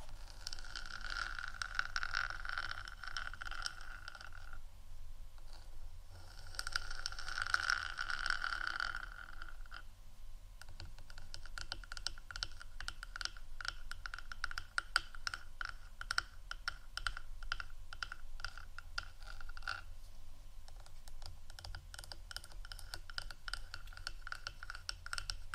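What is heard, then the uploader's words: Two bursts of soft scratching fill the first ten seconds, then quick, dense fingertip tapping continues to the end over a steady low hum. ASMR Softly Tapping & Scratching （No Talking）.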